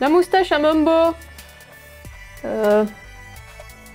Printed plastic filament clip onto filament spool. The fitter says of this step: se clipse pas en fait désolé et